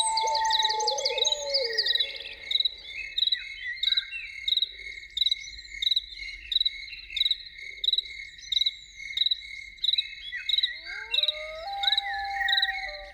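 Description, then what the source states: Loon holds a long steady wail at the start and gives a second rising wail later, against regular cricket-like pulses and bird twitters. Evening soundscape with loons.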